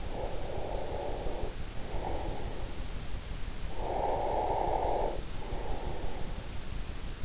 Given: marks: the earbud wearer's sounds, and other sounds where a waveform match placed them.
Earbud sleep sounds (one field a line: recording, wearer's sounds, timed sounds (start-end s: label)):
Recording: sounds in sleep by an in-ear microphone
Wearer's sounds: breath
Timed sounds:
0.00-2.97 s: breath
3.48-6.86 s: breath